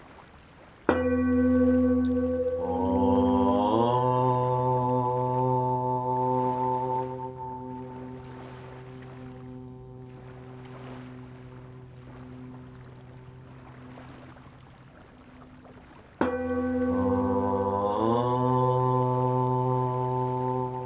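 A singing bowl is struck twice, near the start and again around the sixteenth second, each strike ringing out in a long, low, humming tone with bright overtones that waver and slowly fade. Soft ocean waves wash faintly underneath.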